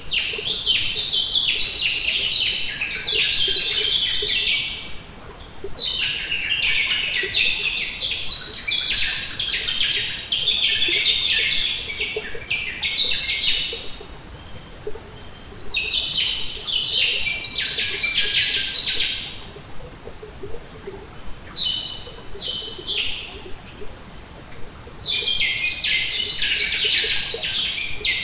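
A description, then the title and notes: Native Tasmanian forest birds sing in long, dense bursts of bright, rapid chirping and warbling, lasting several seconds each, with short pauses around 5, 14, 20 and 24 seconds. Beneath them runs a steady low wash of flowing water from the rivulet. Nature Sounds Tasmania - Southern Forest Bird Life. The quiet and relaxing sounds of Creekton Rivulet and native southern lutruwita/Tasmania birds.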